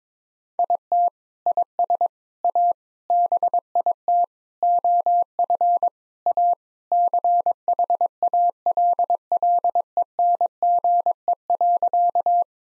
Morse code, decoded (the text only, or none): IT IS A BIT OF A CHALLENGE.